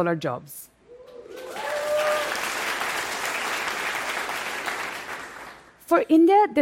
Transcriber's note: applause